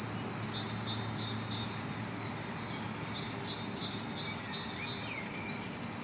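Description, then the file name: Eurasian blue tit: a brief run of thin, high downward notes, a pause of about two seconds, then another quick run. "Cyanistes caeruleus"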